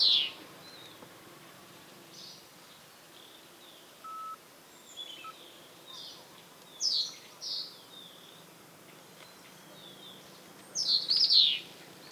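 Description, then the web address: Burmese yuhina uttering short, high chirps in three small bursts, with scattered soft twitters between and a faint background hiss. "burmese yuhina. صدای-پرنده-یوهین-برمهای"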